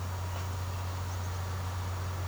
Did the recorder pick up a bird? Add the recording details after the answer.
no. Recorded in secondary vegetation near Puerto Asís, Putumayo, Colombia, on 24 March 2025 at 12:30. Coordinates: 0.468, -76.324. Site G059